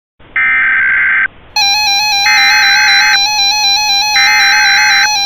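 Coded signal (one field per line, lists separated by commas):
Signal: Emergency Alert System (SAME) tones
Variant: header bursts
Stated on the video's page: Mock test tornado warning using valid EAS tones.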